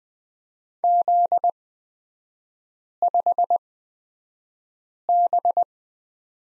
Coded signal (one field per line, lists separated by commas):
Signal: Morse code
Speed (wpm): 20 wpm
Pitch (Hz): 700 Hz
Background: none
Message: Z5B